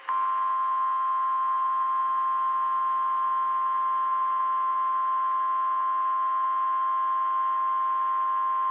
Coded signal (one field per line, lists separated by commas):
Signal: Emergency Alert System (SAME) tones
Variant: 1050 Hz attention tone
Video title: Severe Thunderstorm Warning California Noaa Weather Radio Station KIH 62 Fresno CA 4/21/26